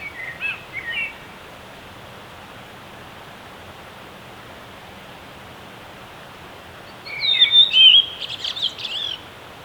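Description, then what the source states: Redwing song: faint soft notes at first, then after a long quiet gap a high whistled phrase dissolving into fast scratchy twittering, with background hiss. Recorded on 10 April 2016.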